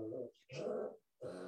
Dog is having a moment. It's a reverse sneeze.